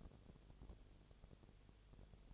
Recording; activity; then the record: daily activity, microphone in the room; no activity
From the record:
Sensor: 4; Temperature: 22.7 degrees Celsius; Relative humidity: 32.0%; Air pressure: 1008.1 hPa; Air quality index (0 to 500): 113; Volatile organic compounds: 2 ppm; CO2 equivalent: 1100 ppm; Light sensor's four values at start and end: 2/3/1/1 and 2/3/1/1